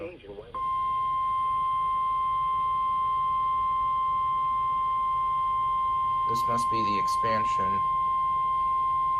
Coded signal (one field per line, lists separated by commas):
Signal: Emergency Alert System (SAME) tones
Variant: 1050 Hz attention tone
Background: speech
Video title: Storms, Floods, And Blacksburg Being Slow || EAS Alerts from 7/25-8/1/22 || EAS 343-366